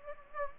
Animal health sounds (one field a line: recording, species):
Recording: mosquito wingbeat signal from an infrared sensor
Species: Anopheles gambiae